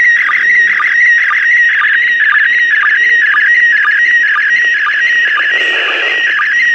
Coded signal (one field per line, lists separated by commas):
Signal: SSTV (slow-scan television)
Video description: Foi capturado áudio da transmissão em SSTV da ISS e registrado em vídeo. Deste áudio, via aplicação RX-SSTV, se decodificou a imagem.